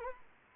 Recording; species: mosquito wingbeat signal from an infrared sensor; Anopheles arabiensis